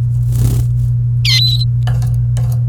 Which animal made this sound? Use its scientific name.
Serinus canaria